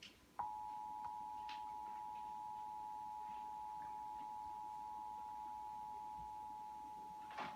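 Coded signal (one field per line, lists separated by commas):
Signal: Emergency Alert System (SAME) tones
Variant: 853 and 960 Hz attention tone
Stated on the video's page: Full EAS test from the CBS network.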